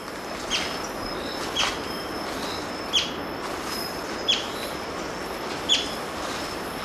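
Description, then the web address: Violet-fronted brilliant uttering five bright, high chip notes at intervals of a little over a second, over steady background hiss. Ecuador. "Natures Songs S America Birds of Ecuador Violet-fronted Brilliant"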